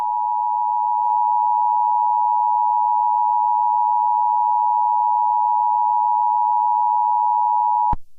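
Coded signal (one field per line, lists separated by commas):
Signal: Emergency Alert System (SAME) tones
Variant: 853 and 960 Hz attention tone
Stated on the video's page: Fictional EAS scenario alert, not a real broadcast.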